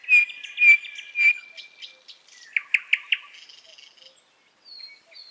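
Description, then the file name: Nightingale: a few loud whistled notes, then four emphatic repeated chips, trailing off into soft scattered calls and brief silence. "Solovei"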